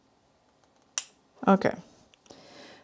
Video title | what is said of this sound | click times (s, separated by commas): Sennheiser MKE 600 Shotgun Microphone (Unboxing and Setup) | if i hear the click this time | 1.0 s